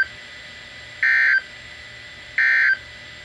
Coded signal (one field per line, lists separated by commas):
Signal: Emergency Alert System (SAME) tones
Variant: end-of-message bursts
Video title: NOAA WX: Flash Flood Warning 9/11/22 (EAS #201)